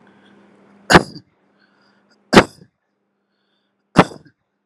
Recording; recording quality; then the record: shallow voluntary cough; excellent, no background noise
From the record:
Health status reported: healthy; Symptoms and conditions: hypertension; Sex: male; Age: 49 years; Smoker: yes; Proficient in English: yes